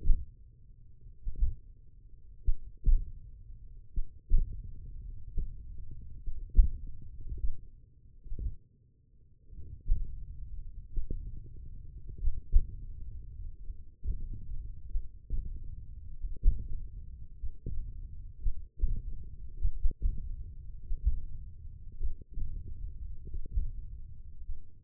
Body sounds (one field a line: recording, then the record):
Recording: forearm muscle sounds (acoustic myography)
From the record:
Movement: hand opening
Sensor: system 1, eight BSWA MPA416 microphones around the upper forearm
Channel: 4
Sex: male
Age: 20 years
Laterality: left